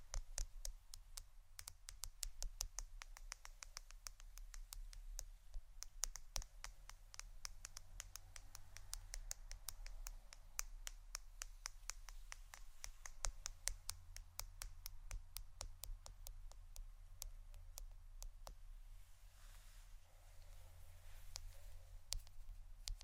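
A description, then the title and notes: Quick, sharp tapping clicks in an irregular stream, crisp and bright, dense for most of the stretch with a keyboard-like patter. Around eighteen seconds the taps thin out and nearly stop, then a few return near the end. A low steady hum runs underneath. ASMR Pure Tapping （No Talking）.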